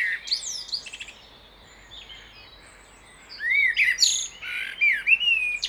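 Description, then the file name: Common blackbird, a brief high squeaky phrase, a quiet gap, then slurred rising whistles with thin twittering notes. "Turdus merula"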